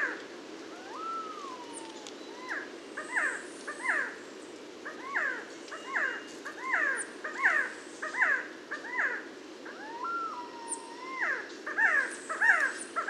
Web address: Resplendent quetzal. صدای-پرنده-درازدامن-درخشان